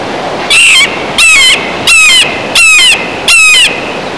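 Red-shouldered hawk calling: five loud, harsh, slightly descending screams, each about a third of a second long, repeated evenly every 0.7 seconds.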